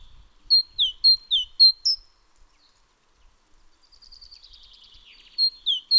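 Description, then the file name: Great tit calls: a fast series of sharp, high downslurred notes in a quick burst, then a fainter buzzy twittering, and another short run of sharp notes at the end. "Parus major"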